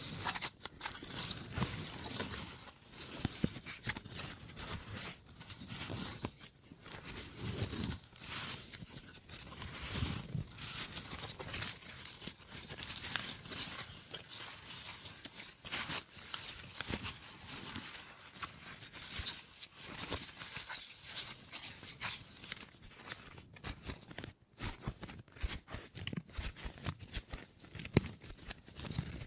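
Wood triggers: a constant, dense run of scratching, tapping and crinkly rustling with no pauses. Short clicks and taps pile up irregularly across the whole half minute, crisp and bright on top, with occasional heavier knocks standing out from the busy texture.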